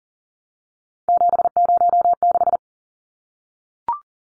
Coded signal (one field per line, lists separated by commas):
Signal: Morse code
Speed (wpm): 40 wpm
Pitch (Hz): 700 Hz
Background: none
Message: 706